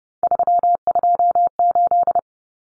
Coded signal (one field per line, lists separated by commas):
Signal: Morse code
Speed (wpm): 30 wpm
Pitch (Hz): 700 Hz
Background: none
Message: 328